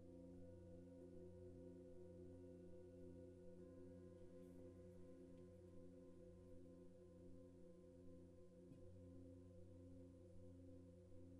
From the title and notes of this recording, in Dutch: Het is vooral een ontspannende meditatie met klankschalen en gong.